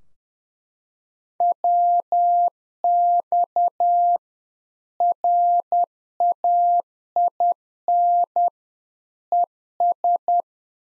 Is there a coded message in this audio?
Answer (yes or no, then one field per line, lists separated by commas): yes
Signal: Morse code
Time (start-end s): 1.4-10.4 s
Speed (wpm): 10 wpm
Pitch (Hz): 700 Hz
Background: none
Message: WX RAIN ES